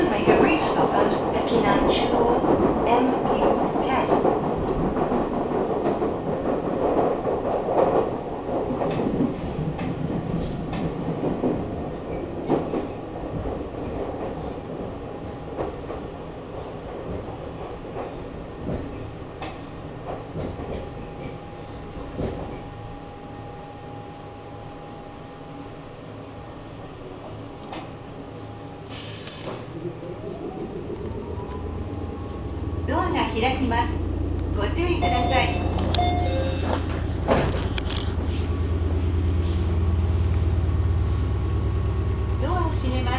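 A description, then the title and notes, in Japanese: Inside a two-car local train, a steady rumble of wheels and motor fills the first twenty seconds, with a thin whine running underneath. The noise eases to a quieter stretch, then scattered clicks and knocks around thirty-five seconds give way to a deep, heavy hum. 名古屋鉄道 三河線（海線）碧南→知立。通学ラッシュになってました。２両編成ですが、１つ目の碧南中央からどんどん乗車してきます。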